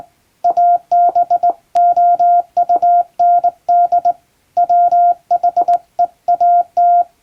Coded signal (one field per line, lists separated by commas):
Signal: Morse code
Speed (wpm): 20 wpm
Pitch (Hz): 700 Hz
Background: none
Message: ABOUND WHEAT